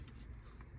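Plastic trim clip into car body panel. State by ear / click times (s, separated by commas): not seated / none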